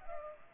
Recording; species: mosquito wingbeat signal from an infrared sensor; Culex pipiens